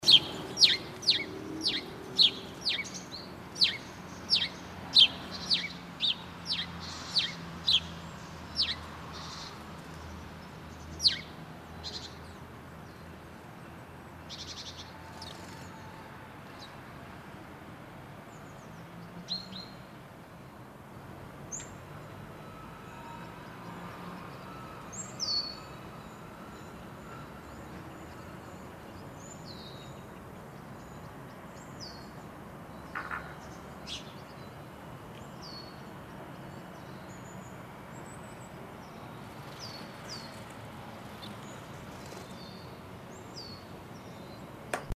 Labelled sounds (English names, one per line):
House Sparrow call